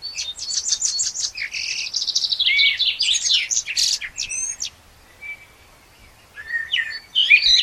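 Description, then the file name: Common blackbird song: a rapid run of high chattering and twittering notes with a few lower whistled phrases, a pause, then more scratchy twitters. "Turdus merula"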